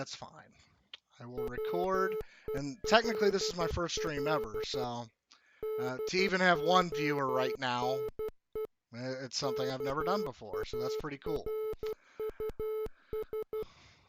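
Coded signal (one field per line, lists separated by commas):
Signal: Morse code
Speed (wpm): 12 wpm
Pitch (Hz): 430 Hz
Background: speech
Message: WELL DONE KARUS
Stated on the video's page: Morse from the NES game Silent Service running on an emulator.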